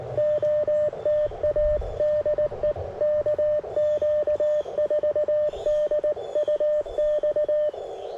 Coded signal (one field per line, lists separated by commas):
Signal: Morse code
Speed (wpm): 18 wpm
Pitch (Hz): 590 Hz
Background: none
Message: OTA DE KQ4DUX